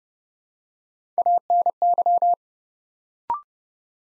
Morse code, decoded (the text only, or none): ANY